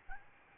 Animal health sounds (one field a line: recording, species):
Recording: mosquito wingbeat signal from an infrared sensor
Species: Aedes albopictus